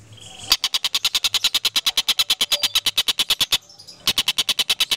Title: Suara Kolibri Ninja Pilihan MERDU, JELAS DAN LANTANG Cocok Dijadikan Masteran Burung Anda